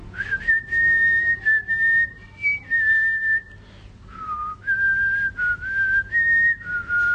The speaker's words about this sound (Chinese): 我成日有时都会吹口哨，都会吹呢个音乐出嚟嘅。